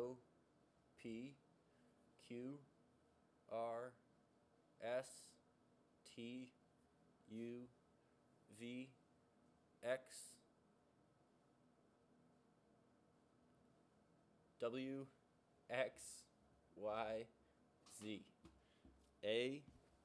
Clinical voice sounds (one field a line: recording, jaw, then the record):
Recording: letters of the alphabet, spoken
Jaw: free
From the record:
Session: seven days later